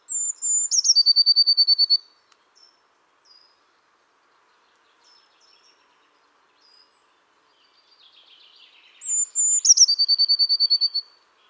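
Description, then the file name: Eurasian blue tit giving two phrases several seconds apart, each a piercing high whistle sliding into a fast rattling trill, with quiet chips between. "Cyanistes caeruleus"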